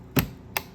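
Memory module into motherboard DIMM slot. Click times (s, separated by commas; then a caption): 0.2 s, 0.6 s. A second memory module is pushed down into its motherboard DIMM slot until the plastic retention clips snap closed. Two sharp clicks are heard at 0.2 s and 0.6 s, the first with a low thump beneath it. The module is seated.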